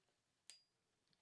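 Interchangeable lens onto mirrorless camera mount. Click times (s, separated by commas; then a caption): 0.5 s. A TTArtisan AF 56mm f/1.8 autofocus lens is twisted onto the bayonet mount of a Nikon Z50II mirrorless APS-C camera. A single sharp, bright click at 0.5 s rings briefly in the high frequencies before fading, with only faint small ticks after it. The lens locks and is seated, fitting snugly on the mount.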